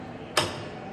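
The range-of-motion pin on a leg curl machine is moved to the top setting for maximum range of movement. A single sharp metallic click sounds at 0.4 s and briefly rings out over a quiet background. The pin clicks and locks into the top setting.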